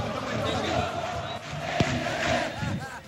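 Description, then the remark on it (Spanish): A dense crowd of football fans cheering and chanting together in a steady roar, voices overlapping throughout, with a brief sharp thump partway through. “Está la hinchada aquí, toda la hinchada presente que vino así a ser parte.”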